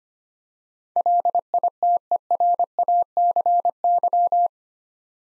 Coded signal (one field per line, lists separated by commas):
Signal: Morse code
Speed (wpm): 25 wpm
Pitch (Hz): 700 Hz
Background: none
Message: LITERACY